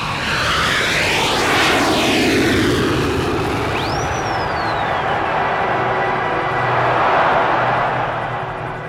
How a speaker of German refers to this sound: Dann stand er auf, zahlte und fuhr zum Flughafen Heathrow. Anderthalb Stunden später hob sein Jumbo-Jet nach Rio de Janeiro bei grauem Himmel und leichtem Nieselregen schwerfällig von der Startbahn ab.